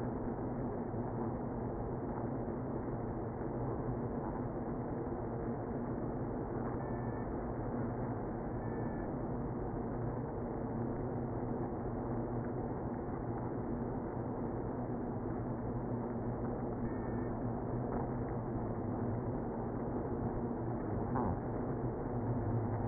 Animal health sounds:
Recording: honeybee colony, microphone inside the hive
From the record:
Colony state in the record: queenless (queen removed)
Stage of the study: after two queens were removed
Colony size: about 60,000 bees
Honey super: yes

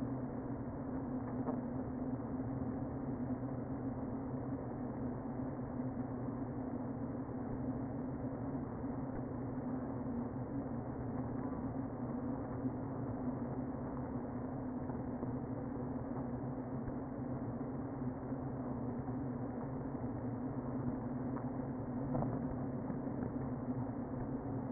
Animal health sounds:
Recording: honeybee colony, microphone inside the hive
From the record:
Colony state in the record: queen present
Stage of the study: before two queens were removed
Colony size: about 60,000 bees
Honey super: yes

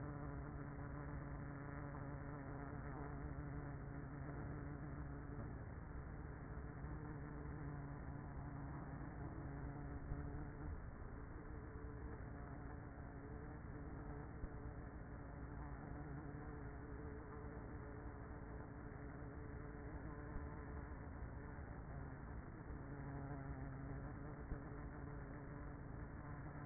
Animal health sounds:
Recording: honeybee colony, microphone inside the hive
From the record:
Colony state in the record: queenless with a low population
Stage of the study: after two queens were removed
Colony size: about 30,000 bees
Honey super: no

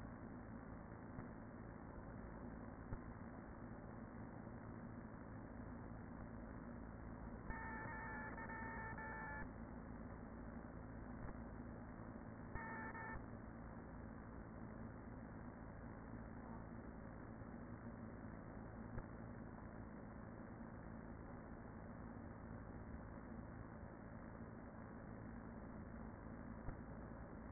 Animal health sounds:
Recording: honeybee colony, microphone inside the hive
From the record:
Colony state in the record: queen present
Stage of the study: after two queens were removed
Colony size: about 40,000 bees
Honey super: no

